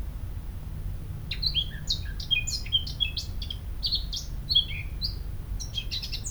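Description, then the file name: Eurasian blackcap song: a lively, varied warble mixing whistled slides and scratchy chips, starting after a second and continuing throughout with low rumble beneath. "Sylvia atricapilla"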